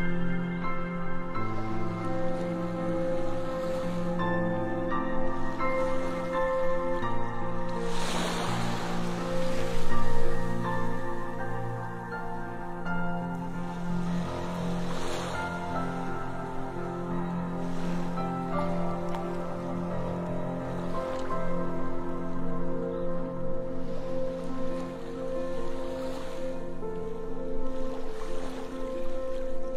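Sea waves surge in roughly every seven seconds, near 8, 15, 22 and 28 seconds, the swell around 9 to 10 seconds the loudest. Underneath, steady held tones hum throughout, low notes that shift now and then, like a drone beneath the surf.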